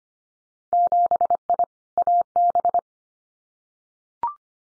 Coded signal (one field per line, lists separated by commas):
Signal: Morse code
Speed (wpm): 25 wpm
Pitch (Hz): 700 Hz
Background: none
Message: 7I AB